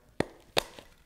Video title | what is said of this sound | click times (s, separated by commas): Smart Cuffs BFR Arm Deflation | and then you're gonna attach it here into the arm, hear the click | 0.6 s